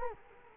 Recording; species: mosquito wingbeat signal from an infrared sensor; Culex quinquefasciatus